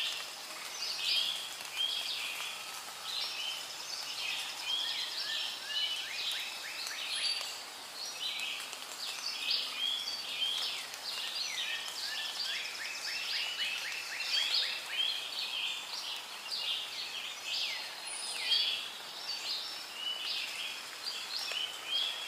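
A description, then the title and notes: Dense rainforest chorus of frogs and birds, with overlapping chirps, trills and rapid pulsing calls packed into the bright upper range throughout. A steady low hiss of distant water runs underneath, and the busy layered calling never pauses. Soothing Rainforest, Frogs, and Waterfalls.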